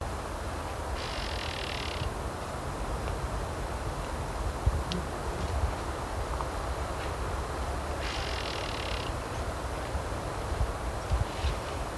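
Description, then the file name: White-sided flowerpiercer giving two high, buzzy bursts about a second long, seven seconds apart, over a constant low rumble. "Diglossa albilatera - White-sided Flowerpiercer"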